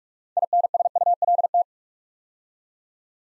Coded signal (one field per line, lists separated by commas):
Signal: Morse code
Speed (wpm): 44 wpm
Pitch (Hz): 700 Hz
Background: none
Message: INSULT